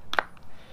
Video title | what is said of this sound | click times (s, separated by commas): BOW DRILL FIRE! What other Youtubers aren't telling you! | then you know she locks in real nice right actually might have to loosen this off just a bit | 0.1 s, 0.2 s